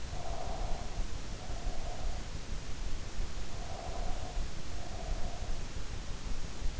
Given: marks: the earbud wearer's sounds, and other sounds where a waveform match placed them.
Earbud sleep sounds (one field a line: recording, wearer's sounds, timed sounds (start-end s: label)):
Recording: sounds in sleep by an in-ear microphone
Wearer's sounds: breath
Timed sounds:
0.00-2.38 s: breath
3.74-5.64 s: breath